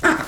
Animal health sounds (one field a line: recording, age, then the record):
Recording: pig call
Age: growing-finishing pig (85 days or more)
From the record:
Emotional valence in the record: positive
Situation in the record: enriched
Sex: female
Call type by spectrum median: high-frequency call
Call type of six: low-frequency tonal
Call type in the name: high-frequency stable, not sure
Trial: 2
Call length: 0.28 s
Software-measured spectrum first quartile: 447 Hz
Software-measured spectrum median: 1104 Hz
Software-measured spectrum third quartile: 1672 Hz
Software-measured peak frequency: 330 Hz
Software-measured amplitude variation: 179 dB a second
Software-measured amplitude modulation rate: 12.5 a second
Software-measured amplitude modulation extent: 14.3 dB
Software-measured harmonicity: 2.8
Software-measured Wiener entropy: -0.90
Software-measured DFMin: 920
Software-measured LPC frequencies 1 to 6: 433, 1439, 1617, 3317, 3676, 5211 Hz